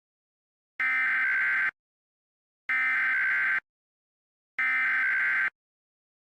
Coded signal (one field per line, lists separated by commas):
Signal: Emergency Alert System (SAME) tones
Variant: header bursts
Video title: EAS Scenario - Ohio Unknown and Inexperienced Incident Situation